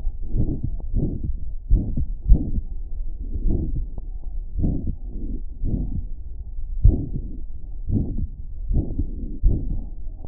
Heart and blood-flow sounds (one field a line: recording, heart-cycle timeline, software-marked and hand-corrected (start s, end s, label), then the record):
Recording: heart sounds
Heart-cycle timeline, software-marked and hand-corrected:
0.00	0.35	diastole
0.35	0.50	S1
0.50	0.63	systole
0.63	0.71	S2
0.71	0.93	diastole
0.93	1.09	S1
1.09	1.23	systole
1.23	1.35	S2
1.35	1.69	diastole
1.69	1.81	S1
1.81	2.06	systole
2.06	2.28	diastole
2.28	2.39	S1
2.39	2.56	systole
2.56	2.69	S2
2.69	3.44	diastole
3.44	3.56	S1
3.56	3.74	systole
3.74	3.85	S2
3.85	4.58	diastole
4.58	4.75	S1
4.75	4.88	systole
4.88	4.98	S2
4.98	5.66	diastole
5.66	5.80	S1
5.80	5.95	systole
5.95	6.03	S2
6.03	6.81	diastole
6.81	6.95	S1
6.95	7.12	systole
7.12	7.22	S2
7.22	7.91	diastole
7.91	8.02	S1
8.02	8.19	systole
8.19	8.29	S2
8.29	8.70	diastole
8.70	8.82	S1
8.82	8.97	systole
8.97	9.07	S2
9.07	9.45	diastole
9.45	9.58	S1
9.58	9.74	systole
9.74	9.86	S2
9.86	10.28	diastole
From the record:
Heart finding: aortic stenosis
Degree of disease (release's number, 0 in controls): 2 to 3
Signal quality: good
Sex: female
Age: 88 years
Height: 1.5 m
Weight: 73 kg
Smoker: no